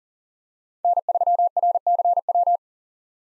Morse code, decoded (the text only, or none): N3RCW